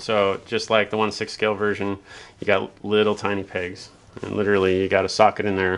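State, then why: Not seated. Someone talks while handling a plastic boot for a 1/12 scale action figure, preparing to push it onto the small ball-and-socket ankle peg so it snaps in. Only speech is heard, with no click or snap. The boot has not seated or clicked yet.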